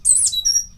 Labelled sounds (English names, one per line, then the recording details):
Stitchbird song
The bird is a male
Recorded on Tiritiri Matangi Island, New Zealand, in 2005
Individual 8, of nest box 10